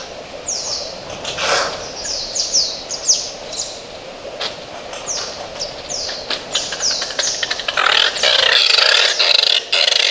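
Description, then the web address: Oilbird calls, a busy run of short downward-sweeping screeches repeated roughly twice a second, mixed with sharp clicks and rattling bursts toward the end. "sound Oilbird. صدای-مرغ-روغنی"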